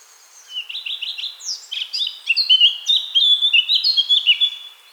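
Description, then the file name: Eurasian blackcap song, starting with soft twittering notes and breaking into a loud, flowing series of pure fluty whistles at a brisk pace. "Sylvia atricapilla"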